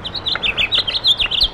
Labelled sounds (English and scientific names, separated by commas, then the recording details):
House Finch (Haemorhous mexicanus) song
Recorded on Long Island, New York, on 17 May 2012
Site AB
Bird C